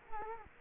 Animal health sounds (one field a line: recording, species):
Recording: mosquito wingbeat signal from an infrared sensor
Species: Culex quinquefasciatus